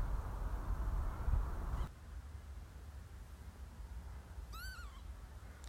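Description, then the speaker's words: Northern Lapwing flight call: a single plaintive, slurred note rising and then falling, heard once near the end, after low rumbling noise at the start. Lapwing flying overhead during an outdoor audio walk. "a lapwing flying over us now, right on cue as we continue to talk about the wildlife that we've witnessed on these audio walks."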